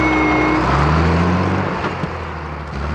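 A steady, loud rumble of GAZ truck engines rolling past on a rural road, with a deep low drone and a couple of sustained tonal whines gliding in pitch as the vehicles go by.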